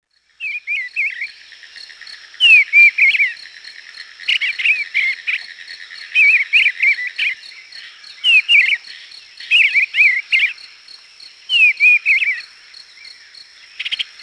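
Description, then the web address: Eastern Bluebird giving warbled phrases of sliding, falling notes, repeated every couple of seconds, mixed with loud clicking bursts throughout. "Peterson North American Birds. eabl"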